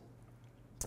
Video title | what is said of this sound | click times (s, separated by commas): Oakley Bottlecap Lens Replacement & Installation Instructions | You're gonna hear a popping noise, but that's OK. | 0.8 s